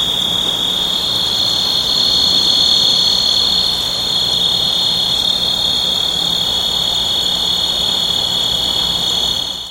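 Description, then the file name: Crickets calling in a steady, unbroken high-pitched trill, two bright bands of sound holding constant throughout with a faint low hum underneath. Recorded at a wetlands park in Las Vegas; date given as 15-9-14. "Sons-grilos 3-Wet Lands Pk-LVegas-15-9-14-ASilveira"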